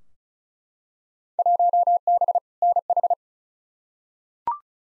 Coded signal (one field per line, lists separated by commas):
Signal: Morse code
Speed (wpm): 34 wpm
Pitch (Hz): 700 Hz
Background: none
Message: 1B NH